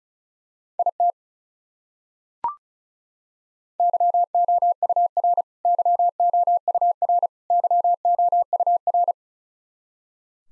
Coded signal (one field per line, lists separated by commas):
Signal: Morse code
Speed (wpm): 34 wpm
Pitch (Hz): 700 Hz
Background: none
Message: IT YOUR YOUR YOUR